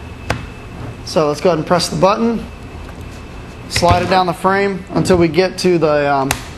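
A clamping feed neck is slid down the frame of a BT TM7 paintball marker with its release button pressed, headed for the hole where it will line up with the breech. A single sharp tap sounds near 0.3 s, followed by quiet handling noise while someone talks. Nothing has seated or clicked into place yet.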